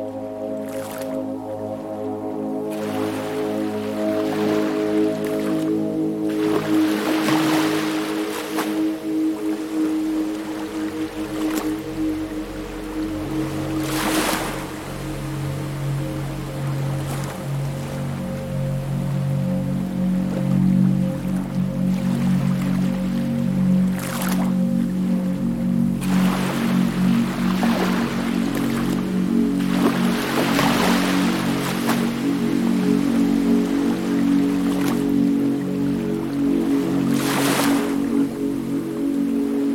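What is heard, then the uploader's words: Sounds of the beach: a steady low engine-like drone runs under the whole recording, like a boat idling. Waves splash and hiss over it in bright bursts, a few early on and more often in the second half, around every few seconds. The Mysterious Sounds of the Beach.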